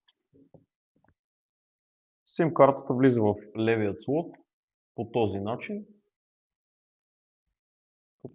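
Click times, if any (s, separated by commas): 8.2 s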